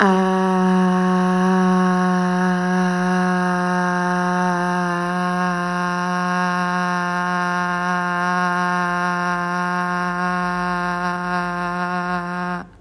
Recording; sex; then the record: sustained vowel /a/; female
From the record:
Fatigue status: fatigue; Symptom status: symptomatic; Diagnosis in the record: COVID-19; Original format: m4a